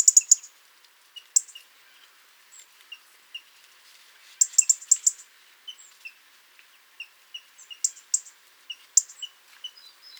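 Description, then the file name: European robin with rapid high ticking bursts at intervals, separated by quiet, thin whistled notes. "Erithacus rubecula"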